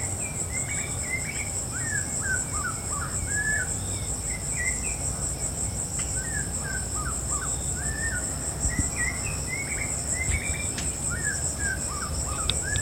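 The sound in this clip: Snowy-crowned robin-chat delivering a long run of mellow slurred whistles and chirpy notes in repeated bursts, accompanied by a steady insect chorus and occasional faint clicks.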